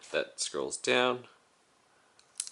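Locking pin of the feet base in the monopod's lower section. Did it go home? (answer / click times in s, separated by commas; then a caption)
yes / 2.4 s. Someone talks, then after a quiet stretch the spring-loaded locking pin on the fold-out foot base in the lower section of a Manfrotto 560B-1 monopod slides down and snaps into its locked position. A faint tick comes first, then a sharp metal click at 2.4 s as the pin locks into place.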